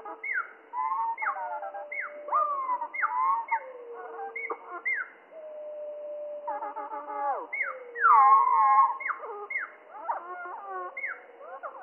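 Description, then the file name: Spotted flycatcher song, slowed and deep: a tangle of sliding, wailing notes and long steady tones, with short downward-swooping notes repeated over and over. Slowed down three octaves, mono. "GOBE MOUCHE GRIS MOINS TROIS OCTAVES MONO"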